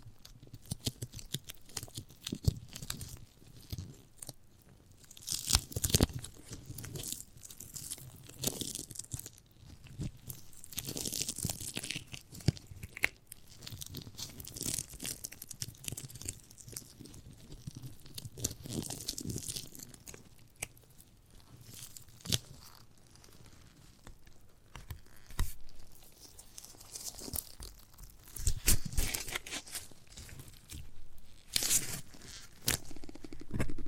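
Someone bites and chews a giant gummy bear, with irregular crunchy, tearing bites and bright wet smacking sounds throughout.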